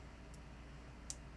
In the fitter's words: You can It's like it just snaps right in and then push down